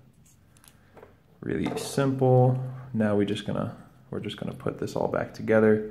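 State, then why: Seated. A CR2032 coin cell battery is pressed positive side down into the battery holder of a 2013–2016 Dodge Dart key fob, one edge pushed under the metal contact and the other side pressed down. Two short clicks at 0.6 s and 0.7 s mark the battery seating in the holder, followed by someone talking.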